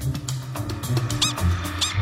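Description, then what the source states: Squirrel chirps: two high, squeaky arched notes among soft clicks, over a steady low hum. Squirrels that communicate in complex languages.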